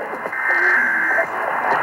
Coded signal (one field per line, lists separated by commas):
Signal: Emergency Alert System (SAME) tones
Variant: header bursts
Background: speech